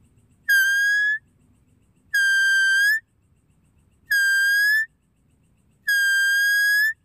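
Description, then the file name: Deer calling with four long, steady whistles, each lifting a little at the end, repeated roughly every two seconds over faint low background noise. "Tieng con nai keu"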